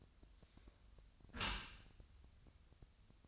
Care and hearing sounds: daily activity, microphone in the room; close dishwasher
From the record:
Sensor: 2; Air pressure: 1004.5 hPa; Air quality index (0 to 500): 114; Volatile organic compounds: 3 ppm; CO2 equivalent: 1386 ppm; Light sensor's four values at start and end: 6/15/6/6 and 6/15/6/6

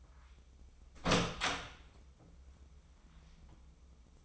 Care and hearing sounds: daily activity, microphone in the room; open door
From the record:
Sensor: 1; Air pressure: 996.2 hPa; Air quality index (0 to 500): 46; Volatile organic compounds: 2 ppm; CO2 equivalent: 982 ppm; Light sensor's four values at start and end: 14/33/14/15 and 14/33/14/16

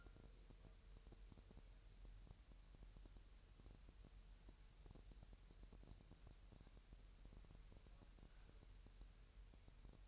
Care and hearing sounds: daily activity, microphone in the room; wipe stove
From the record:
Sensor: 2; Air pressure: 1000.7 hPa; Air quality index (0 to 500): 249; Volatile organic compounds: 98 ppm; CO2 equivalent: 3742 ppm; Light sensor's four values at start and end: 9/22/9/9 and 9/22/9/9

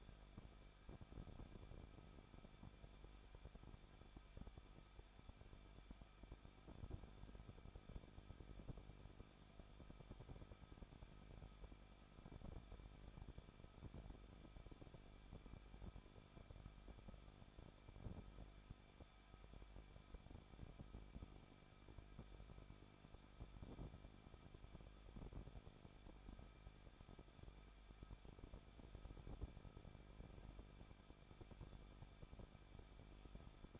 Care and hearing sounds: daily activity, microphone in the room; no activity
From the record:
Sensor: 5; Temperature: 20.8 degrees Celsius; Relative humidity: 38.3%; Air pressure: 1006.6 hPa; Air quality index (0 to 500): 185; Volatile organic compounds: 17 ppm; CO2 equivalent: 2583 ppm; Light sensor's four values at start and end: 2/3/1/1 and 2/3/1/1

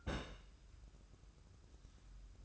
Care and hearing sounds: daily activity, microphone in the room; place on stove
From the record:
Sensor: 2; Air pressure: 994.3 hPa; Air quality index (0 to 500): 217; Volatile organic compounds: 1000 ppm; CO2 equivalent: 7201 ppm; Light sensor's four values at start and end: 138/328/139/144 and 138/328/139/144

